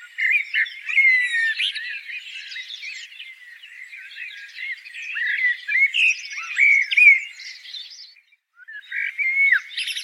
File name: Turdus merula